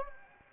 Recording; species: mosquito wingbeat signal from an infrared sensor; Anopheles gambiae